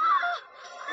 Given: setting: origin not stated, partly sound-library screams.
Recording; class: one-second piece from a danger detection set; woman in danger